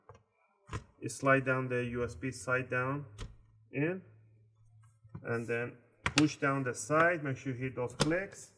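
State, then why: Not seated. After a RAM upgrade on an HP 15-da000pla (3PX34LA) laptop, the plastic bottom cover is slid in at the USB side and its edges are pushed down toward the chassis while someone talks. A couple of faint handling taps are heard, but the plastic retaining clips have not snapped in, and nothing has seated or clicked yet.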